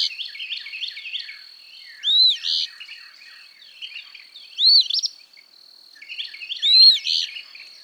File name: Eastern Phoebe